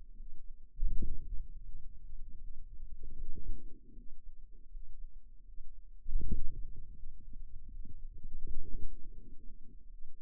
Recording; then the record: forearm muscle sounds (acoustic myography)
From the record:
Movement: wrist flexion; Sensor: system 2, bracelet of six BSWA MPA416 microphones around the upper forearm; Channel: 3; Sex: female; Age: 23 years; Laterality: right